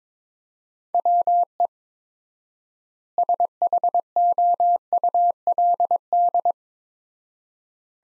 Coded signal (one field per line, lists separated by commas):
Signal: Morse code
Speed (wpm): 22 wpm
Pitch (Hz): 700 Hz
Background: none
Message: WE SHOULD